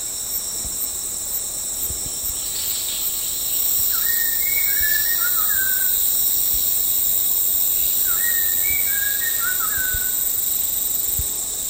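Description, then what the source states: White-rumped shama whistling two similar phrases about four seconds apart, each a quick rising then falling series, against a steady insect drone. Recorded at Danum on 8 August 2009.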